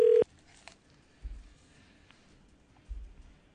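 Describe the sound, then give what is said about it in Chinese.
A short, loud electronic telephone tone sounds at the very start and cuts off abruptly as a radio station (港台) phones an entrant on the latest Chinese song chart (中文歌曲龍虎榜), followed by near silence with two soft, low muffled thumps. “系啊，打电话俾咧最新一期中文歌曲龙虎榜嘅上网单位嘅。”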